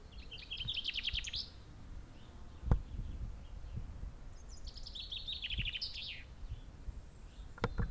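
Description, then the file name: Common chaffinch song: two bright trills, each closing with a flourish, about four seconds apart, with low background noise and a few sharp knocks. "Fringilla coelebs"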